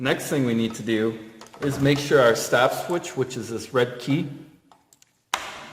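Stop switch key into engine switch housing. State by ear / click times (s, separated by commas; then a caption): seated / 5.3 s. A red plastic stop-switch key is pushed all the way into the switch housing of a Toro engine, seating fully so the engine can start. Someone talks, then after a short pause a single sharp click is heard at 5.3 seconds as the key seats. The key has click positions.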